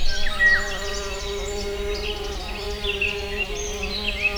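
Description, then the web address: Wasp wings buzzing in a steady, low droning hum with a clear harmonic ring throughout. Wasps, plural, recorded in nature at a water house in 2015 with a cardioid microphone. "allathangok termeszetben darazs 2015 darazsak vizhaz"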